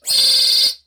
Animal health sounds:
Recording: pig call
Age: piglet (1 to 25 days)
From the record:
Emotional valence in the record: negative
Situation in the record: restrain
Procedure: back test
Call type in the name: high-frequency call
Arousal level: medium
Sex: female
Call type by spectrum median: high-frequency call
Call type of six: high-frequency stable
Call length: 0.87 s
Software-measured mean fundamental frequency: 506 Hz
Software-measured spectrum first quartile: 4234 Hz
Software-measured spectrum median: 4735 Hz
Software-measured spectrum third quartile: 5853 Hz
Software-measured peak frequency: 4305 Hz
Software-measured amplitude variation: 147 dB a second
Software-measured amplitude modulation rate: 19.0 a second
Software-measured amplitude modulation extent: 7.7 dB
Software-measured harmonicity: 7.5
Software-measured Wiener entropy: -3.04

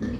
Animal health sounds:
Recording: pig call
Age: growing-finishing pig (85 days or more)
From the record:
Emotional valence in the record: negative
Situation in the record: barren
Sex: male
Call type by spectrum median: low-frequency call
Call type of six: low-frequency stable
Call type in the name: low-frequency stable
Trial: 4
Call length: 0.20 s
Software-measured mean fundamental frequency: 49 Hz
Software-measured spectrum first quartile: 170 Hz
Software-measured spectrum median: 250 Hz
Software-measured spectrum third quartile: 439 Hz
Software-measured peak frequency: 229 Hz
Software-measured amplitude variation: 142 dB a second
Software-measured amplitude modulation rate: 17.3 a second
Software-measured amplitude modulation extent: 8.2 dB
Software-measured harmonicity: 0.9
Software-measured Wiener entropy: -0.46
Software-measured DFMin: 772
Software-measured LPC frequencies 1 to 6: 283, 1775, 2555, 3396, 4444, 5749 Hz

